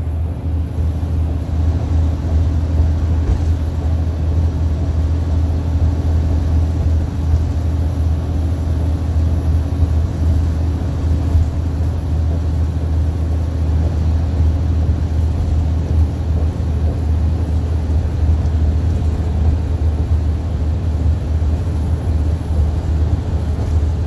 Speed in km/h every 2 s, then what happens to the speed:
81, 79, 81, 81, 81, 77, 79, 79, 81, 77, 77, 77.
0-24 steady at about 79.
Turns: none.